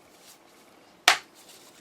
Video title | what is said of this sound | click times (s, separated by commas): Samsung P5110 Tablet Screen Replacement MiracleMAX | can hear them clicking in okay | 1.1 s